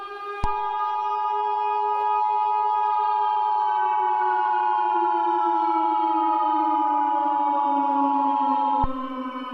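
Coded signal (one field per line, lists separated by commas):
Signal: Emergency Alert System (SAME) tones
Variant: 853 and 960 Hz attention tone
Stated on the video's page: Fictional EAS scenario made in CapCut.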